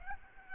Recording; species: mosquito wingbeat signal from an infrared sensor; Aedes albopictus